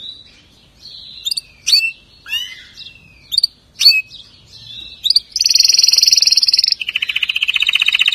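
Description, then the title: Atlantic canary singing scattered sharp chirps and slurred notes, then breaking into fast rolling trills, first high and then lower. "Kenari"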